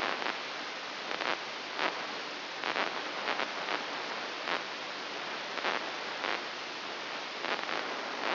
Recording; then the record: brain microelectrode recording played as sound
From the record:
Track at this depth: inside the subthalamic nucleus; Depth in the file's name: 3.202 mm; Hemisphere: right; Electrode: 3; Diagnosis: Parkinson's disease